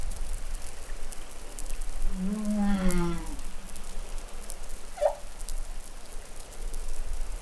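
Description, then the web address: Humpback whale song: a low, buzzy, droning moan with many harmonics, followed by a short high squeak, over crackling sea noise. Recorded in New Caledonia on 20 July 2013. "SOUNDLIB Glotin etal MEDsea Arctiqueet Pacific Baleinea Bosse Nouvelle Caledonie 20130720 Glotin"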